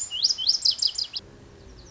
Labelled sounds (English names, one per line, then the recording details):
Lazuli Bunting
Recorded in Sonoma County, California